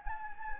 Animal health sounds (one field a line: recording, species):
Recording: mosquito wingbeat signal from an infrared sensor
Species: Anopheles gambiae